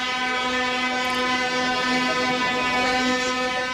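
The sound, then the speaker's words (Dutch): Farmers' tractor horns blare in Brussels in one long, unbroken chord, a loud steady buzzing tone with several overlapping pitches that holds without pause for the whole stretch, with no voices. “En het bleef niet alleen bij die toeterende trekkers.”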